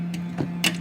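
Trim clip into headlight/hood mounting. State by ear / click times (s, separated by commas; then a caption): seated / 0.6 s. A trim clip on a piece of headlight or hood trim for an EM1 with a new carbon hood and headlights is hooked over and pushed into its mounting. After two faint ticks at about 0.1 and 0.4 seconds over a steady low hum, it locks inside with a sharp snap at 0.6 seconds. The clip is seated.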